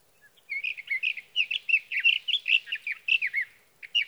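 Sage thrasher delivering a steady, rambling warble of quick, varied notes for about three seconds, pausing briefly before resuming.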